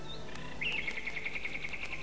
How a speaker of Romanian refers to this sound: Parcă a foșnit ceva. Auzi? Privighetoare. E ora la care începe să cânte.